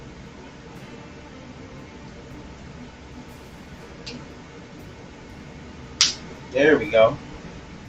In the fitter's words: click right into place nicely